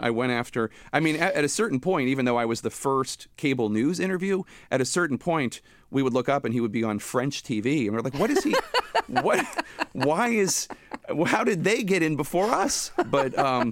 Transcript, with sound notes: I went after - I mean, at a certain point, even though I was the first cable news interview - at a certain point, we would look up, and he would be on French TV. And we're like, what is he...
(Laughter).
What - why is - how did they get in before us?